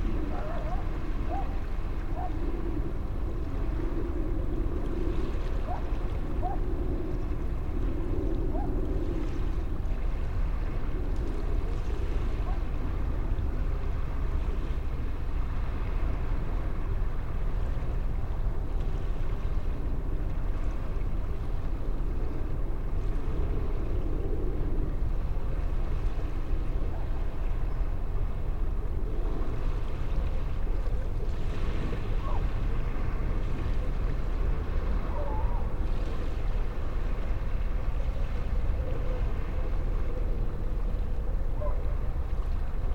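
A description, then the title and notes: Calm sea at a bay with the tide far out, heard as a steady, dense low rumble of distant water and wind buffeting the microphone. A faint droning hum, possibly a passing boat, rises and fades in the first ten seconds and again near twenty-five. Portishead Waves Ambience. Field recordings made at Woodhill Bay, Portishead. This was my first outing using the Sony PCM-M10, and involved some clambering on the headland rocks to try and get into a good position. The tide was quite far out, and the sea calm.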